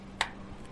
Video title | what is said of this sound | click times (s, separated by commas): DJI Air 3 Unboxing & Review in Tamil Part 2 - First Look - Best Camera Drone 2026 - Dinesh Dee | இப்பதான் lock ஆயிருக்கு. | 0.2 s